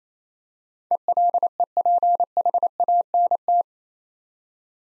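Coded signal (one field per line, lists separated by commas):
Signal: Morse code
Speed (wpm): 29 wpm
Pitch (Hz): 700 Hz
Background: none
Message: ELEPHANT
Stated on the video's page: Morse practice set of easy words at 28 wpm with contextual hints, a copying drill.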